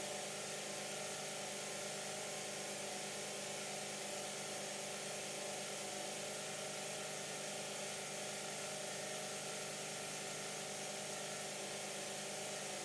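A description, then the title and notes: A dense white hiss with a low whirring hum beneath it, holding perfectly steady and even for the whole stretch, unchanging. White Noise and Low Whirring Sound.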